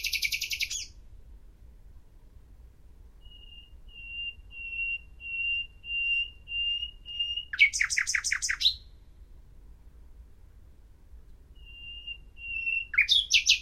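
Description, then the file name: Common nightingale song: a dense burst, then a series of soft whistled notes swelling louder before a rich rattling phrase, and the whistles starting again. "Luscinia megarhynchos"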